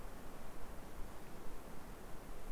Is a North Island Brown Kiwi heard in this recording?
no